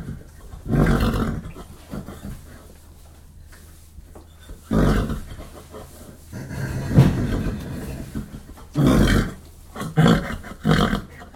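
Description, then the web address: Horse whickering, several deep rough bursts at irregular intervals. Several horses in stables, one particularly dominant horse whickering in close perspective. "Sound Effects-BBC Horses Stables. horse whickering in stables one particularly dominant close perspective"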